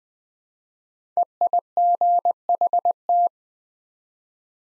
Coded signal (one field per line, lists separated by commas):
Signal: Morse code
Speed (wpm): 20 wpm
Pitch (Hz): 700 Hz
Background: none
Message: EIGHT